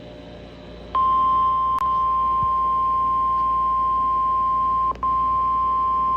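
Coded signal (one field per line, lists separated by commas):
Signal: Emergency Alert System (SAME) tones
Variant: 1050 Hz attention tone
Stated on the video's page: Severe thunderstorm warnings received on NOAA weather radio.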